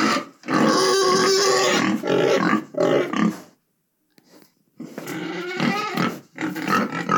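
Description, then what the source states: Pigs squealing and squeaking in loud harsh bursts, several overlapping, with a brief quiet gap midway before the noisy squeals resume. Several pigs squeaking; recorded 20 October 2018.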